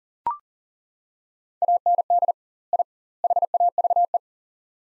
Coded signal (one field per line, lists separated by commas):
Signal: Morse code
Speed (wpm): 40 wpm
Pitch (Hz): 700 Hz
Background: none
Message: AND I HAVE